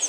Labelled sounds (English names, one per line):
Pine Warbler flight call